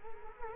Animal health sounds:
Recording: mosquito wingbeat signal from an infrared sensor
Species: Culex quinquefasciatus

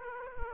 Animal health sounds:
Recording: mosquito wingbeat signal from an infrared sensor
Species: Aedes aegypti

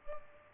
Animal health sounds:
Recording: mosquito wingbeat signal from an infrared sensor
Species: Culex pipiens

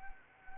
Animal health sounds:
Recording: mosquito wingbeat signal from an infrared sensor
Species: Anopheles arabiensis

